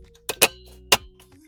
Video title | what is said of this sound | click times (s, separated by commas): AuCarAuto 13" Tesla Style Screen for Ford F150 F250 F350 F450 F650 (2020-2025) Sync 4 with 8" screen | So push it in from the front like so. | 0.4 s, 0.9 s